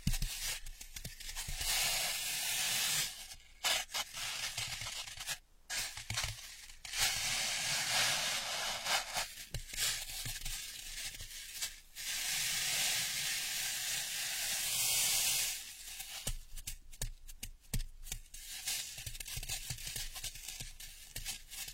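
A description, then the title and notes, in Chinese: Ear picking, a dense, bright crackling and scratching that rises and thins irregularly, broken by brief silent gaps every few seconds. 姐姐抠耳朵催眠8（声控助眠）。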